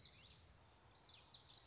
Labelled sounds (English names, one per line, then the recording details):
Common Yellowthroat
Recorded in Sonoma County, California